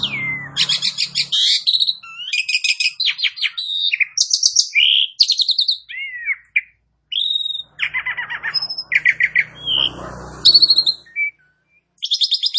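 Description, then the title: Asian pied starling song: a rapid medley of harsh chattering bursts, buzzy trills and clear whistled notes, with brief pauses and a faint low hum underneath. "Bunyi Jalak Suren"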